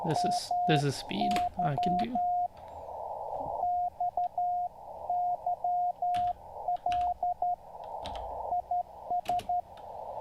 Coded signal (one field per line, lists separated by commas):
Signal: Morse code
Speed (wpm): 12 wpm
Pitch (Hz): 710 Hz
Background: speech, radio noise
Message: MY XYL IS